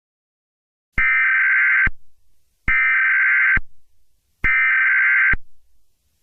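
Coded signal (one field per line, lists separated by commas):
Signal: Emergency Alert System (SAME) tones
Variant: header bursts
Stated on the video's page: Fictional scenario with valid tones, made in iMovie.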